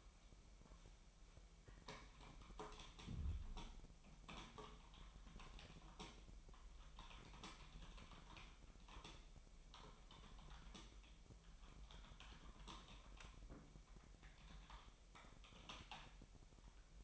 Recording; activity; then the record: daily activity, microphone in the room; typing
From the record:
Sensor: 1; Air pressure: 1002.0 hPa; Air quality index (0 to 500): 244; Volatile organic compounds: 49 ppm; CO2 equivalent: 3285 ppm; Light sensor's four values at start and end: 8/30/11/12 and 8/30/11/12